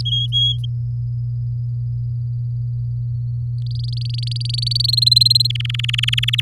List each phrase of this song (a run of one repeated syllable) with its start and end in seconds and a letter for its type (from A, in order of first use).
0.05-0.57 A, 3.66-4.86 B, 4.88-5.47 C, 5.50-6.41 D